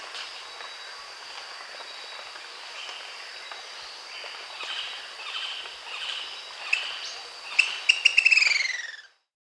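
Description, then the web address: Long-crested pygmy-tyrant song: a fast burst of sharp notes tumbling downward at the end, after a long steady high background hum. Bolivia; Amazon region. "Birds of the Amazon 3. Long-crested Pygmy-Tyrant (Lophotriccus eulophotes), Bolivia"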